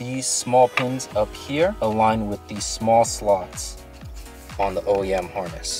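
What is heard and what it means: Someone talks over background music while lining up the small pins of a Koason 10.25-inch Android screen's plastic wiring harness plug with the small slots on the original harness of a BMW F30 328i and pushing the two together. A few faint sharp ticks sound during the handling, but the connector has not yet seated or clicked.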